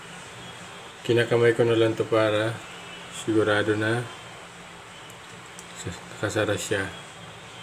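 A watch case back is pressed closed by hand onto a Seiko 5 watch case to make sure it is shut. Someone talks over a low steady background hum, with a brief faint tap between the phrases. The case back has not yet seated or clicked shut by the end of the clip.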